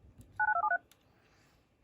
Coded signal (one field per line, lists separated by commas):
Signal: DTMF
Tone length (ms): 90 ms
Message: 9273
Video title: Texas AMBER alert (EAS#105)